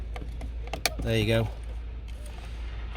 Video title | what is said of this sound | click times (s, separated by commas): How To Swap The VW California - Camping Control Panel. | click and then the third one will feed again back in with the handle there | 0.9 s